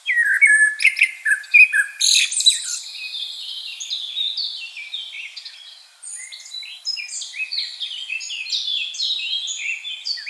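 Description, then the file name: Common blackbird song: loud warbled phrases with swooping notes in the first seconds, then quieter high twittering notes that keep going to the end. "Turdus merula"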